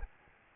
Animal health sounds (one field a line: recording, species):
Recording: mosquito wingbeat signal from an infrared sensor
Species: Aedes albopictus